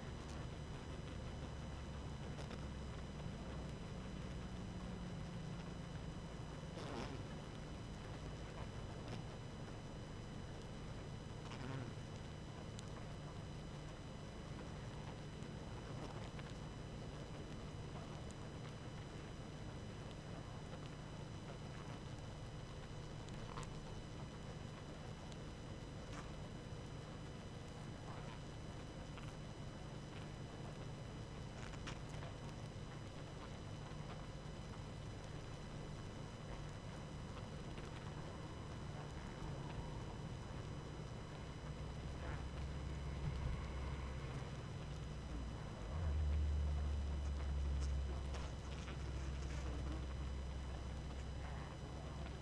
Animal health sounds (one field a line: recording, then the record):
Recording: honeybee colony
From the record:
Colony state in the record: active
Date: 12 June 2018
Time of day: 21:13